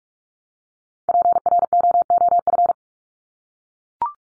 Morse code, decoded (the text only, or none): PROOF